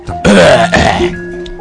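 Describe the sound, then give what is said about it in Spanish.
A loud, raspy throat clearing in two rough bursts, a harsh cough-like rasp followed by a shorter gravelly grunt, then a faint steady hum trailing off. “Esas vuestras risas mundanas no me afectan. Y las toses tampoco.”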